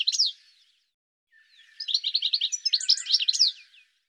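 Bird gives a short burst of sharp notes, then a rapid run of high chirps lasting about two seconds.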